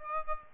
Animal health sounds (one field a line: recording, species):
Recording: mosquito wingbeat signal from an infrared sensor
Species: Aedes aegypti